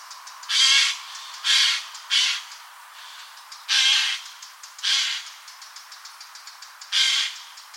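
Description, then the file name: Eurasian jay uttering a series of loud, raspy screeches, six hoarse bursts spaced irregularly over several seconds, with soft clicks in the background. "Garrulus glandarius"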